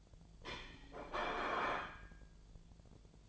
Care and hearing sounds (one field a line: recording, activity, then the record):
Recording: daily activity, microphone in the room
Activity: place plate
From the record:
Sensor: 5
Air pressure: 1009.5 hPa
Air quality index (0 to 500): 170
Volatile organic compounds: 4 ppm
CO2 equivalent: 1645 ppm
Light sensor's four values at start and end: 99/262/107/113 and 99/262/107/113